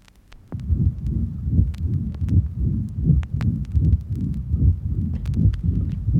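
Low-pitched heart sounds repeat at about 78 beats a minute, with a somewhat uneven rhythm. A continuous rumbling, whooshing sound fills the gaps between beats: a heart murmur, meaning turbulent blood flow through the heart.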